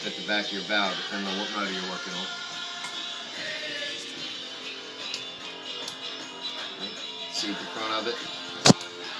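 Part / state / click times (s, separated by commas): valve spring compressor on engine valve spring / seated / 8.7 s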